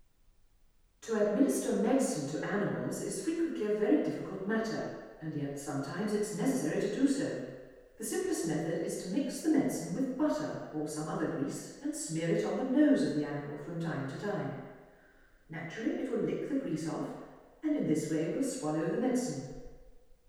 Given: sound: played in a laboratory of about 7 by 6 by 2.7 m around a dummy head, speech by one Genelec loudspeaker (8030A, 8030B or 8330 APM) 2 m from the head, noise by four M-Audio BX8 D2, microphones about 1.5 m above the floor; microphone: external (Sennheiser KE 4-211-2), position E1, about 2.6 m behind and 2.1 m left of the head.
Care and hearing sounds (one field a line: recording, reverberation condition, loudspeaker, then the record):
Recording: female speech in English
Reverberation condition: high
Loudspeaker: 60 degrees to the right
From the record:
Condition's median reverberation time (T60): about 1300 ms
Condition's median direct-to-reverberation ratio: about -4.0 dB